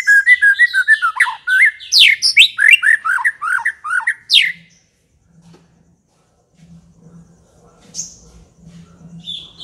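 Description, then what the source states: White-rumped shama song, a fast burst of varied whistled and chattering notes for four seconds, then near silence with a low hum and faint high notes. Aggressive, fierce song of the white-rumped shama, used as a lure.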